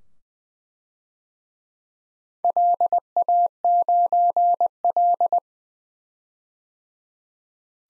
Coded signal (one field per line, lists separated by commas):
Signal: Morse code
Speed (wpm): 20 wpm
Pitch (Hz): 700 Hz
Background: none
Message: LA9L